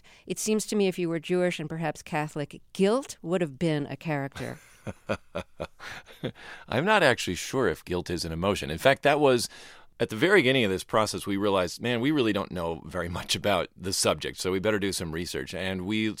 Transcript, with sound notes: It seems to me if you were Jewish, and perhaps Catholic, guilt would have been a character.
(Laughter) I'm not actually sure if guilt is an emotion. In fact, that was - at the very beginning of this process, we realized, man, we really don't know very much about the subject. So we better do some research